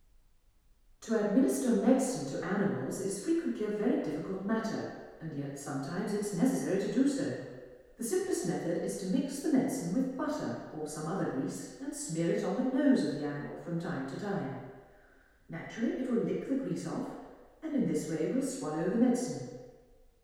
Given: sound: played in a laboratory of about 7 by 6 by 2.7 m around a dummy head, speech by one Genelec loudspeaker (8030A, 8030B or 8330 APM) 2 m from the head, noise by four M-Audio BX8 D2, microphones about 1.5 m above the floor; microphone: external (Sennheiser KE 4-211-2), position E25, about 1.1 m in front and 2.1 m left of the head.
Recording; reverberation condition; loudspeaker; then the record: female speech in English; high; 150 degrees to the right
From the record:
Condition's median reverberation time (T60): about 1300 ms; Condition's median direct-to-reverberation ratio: about -4.0 dB